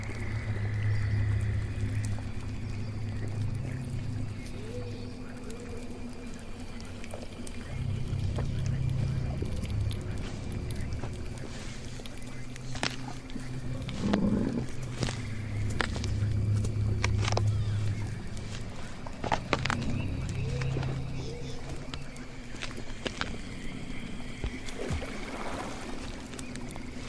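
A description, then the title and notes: Swamp ambience with a steady low drone that swells in slow pulses, scattered clicks and ticks, and a faint hum throughout. Witch's swamp house asmr Ambience. Swamp ambience.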